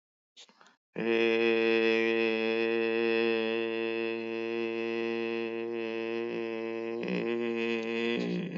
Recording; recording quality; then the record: sustained vowel as in made; excellent, no background noise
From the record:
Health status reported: exposed to COVID-19, no respiratory illness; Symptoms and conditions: none ticked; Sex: male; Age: 49 years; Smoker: not ticked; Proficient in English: yes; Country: United States